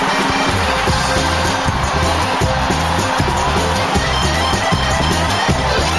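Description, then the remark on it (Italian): A huge stadium crowd of about 60,000 people roars continuously, a dense wash of cheering, applause and shouting of a name that stays loud and steady throughout, with a low rhythmic pulse underneath. “60.000 persone che ti guardano, applaudono, gridano il tuo nome.”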